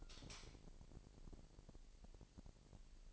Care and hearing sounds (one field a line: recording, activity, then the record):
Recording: daily activity, microphone in the room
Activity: light on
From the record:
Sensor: 5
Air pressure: 1001.9 hPa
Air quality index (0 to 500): 225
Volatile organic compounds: 29 ppm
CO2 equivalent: 2940 ppm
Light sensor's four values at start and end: 15/35/14/16 and 15/36/15/16